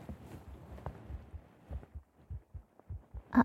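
Heartbeat heard at an adult's chest through a binaural microphone held against it: soft, low thumping beats.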